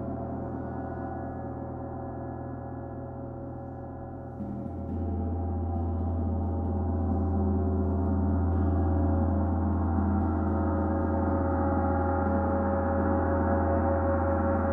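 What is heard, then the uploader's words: Sound bath of steady, low humming tones that shift and swell louder around five seconds, sustained layered drones ringing without breaks. Sound Bath #008: Ravina Daswani. Recorded in December 2022, the paint had just dried in her new space and not all of her instruments were there. It was my first time for me to record a gong bath and I was surprised at how much power it had.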